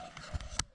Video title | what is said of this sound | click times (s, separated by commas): A quick Channel UPDATE | Sorry about that click. That's my little shorty GoPro extender thingy, tripod thingy. It clicks into place sometimes when I press it | 0.6 s